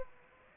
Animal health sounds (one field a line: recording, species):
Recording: mosquito wingbeat signal from an infrared sensor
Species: Aedes aegypti